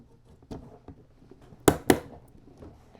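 A RAM module is lined up and pressed into a motherboard memory slot (slots 2 and 4) until its plastic retention clips snap. Two sharp snaps ring out at 1.7 s and 1.9 s, well above a few faint earlier taps. The modules are seated well.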